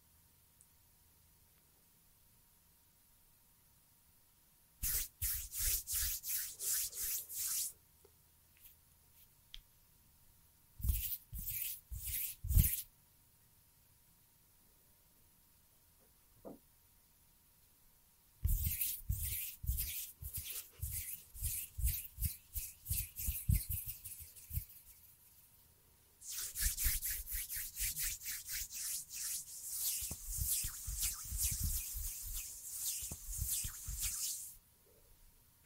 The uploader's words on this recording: ASMR Finger Fluttering With Anticipatory Trigger And Hand Sounds (No Talking).